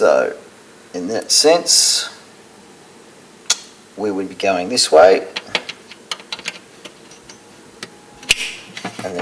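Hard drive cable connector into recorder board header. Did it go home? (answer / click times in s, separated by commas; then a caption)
yes / 8.3 s. A plastic hard drive cable connector is pushed onto its header on the board inside a Dahua CCTV recorder. Someone talks, and several light ticks and taps sound before the connector snaps into place with a sharp click at 8.3 s. The connector is seated nice and easily.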